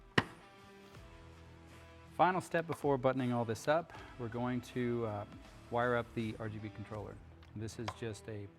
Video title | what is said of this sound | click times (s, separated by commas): Quake LED Trail Sight Delete DRL Kit Installation QTE1199 | And give it a click. | 0.2 s